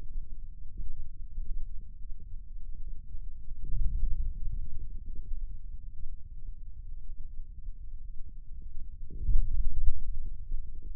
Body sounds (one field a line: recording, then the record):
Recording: forearm muscle sounds (acoustic myography)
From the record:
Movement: hand opening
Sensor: system 2, bracelet of six BSWA MPA416 microphones around the upper forearm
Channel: 1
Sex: male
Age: 22 years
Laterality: right